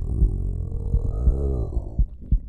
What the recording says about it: Now you can really hear it growling. Hear how loud my tummy gets when it's hungry?